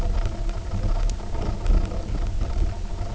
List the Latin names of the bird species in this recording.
none